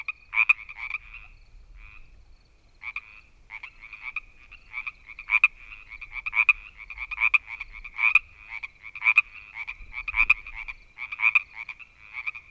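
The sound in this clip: Frog croaking calls, buzzy pulsed rattles given in steady series with brief pauses, some bursts louder and sharper, over a faint low background hum.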